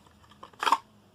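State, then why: Not seated. An airsoft Glock 19 pistol is slid in and out of a T Rex Arms Ragnarok holster after a retention adjustment, with a few faint taps before a brief, bright scraping rustle around 0.6–0.8 s. No retention click is heard: the pistol moves smoothly all the way in and out, and nothing has clicked into place.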